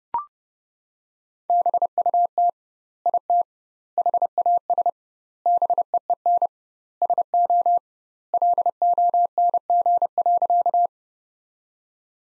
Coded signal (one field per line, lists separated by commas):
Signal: Morse code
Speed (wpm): 30 wpm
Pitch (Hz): 700 Hz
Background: none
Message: BUT IT HAS BEEN SO LONG.